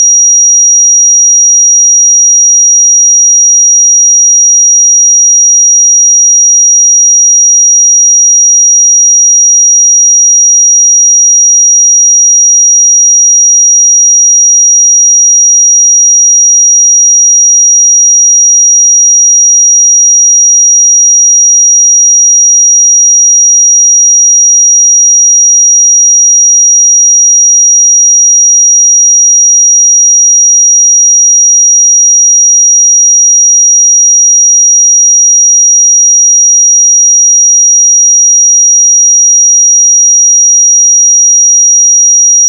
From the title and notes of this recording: 5737 Hz 1 Hz Interval Sine Pure Tone Frequency 441000 Sample Mono.